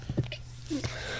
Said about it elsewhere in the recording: Why are you holding back your sneezes? That's how I sneeze my whole life.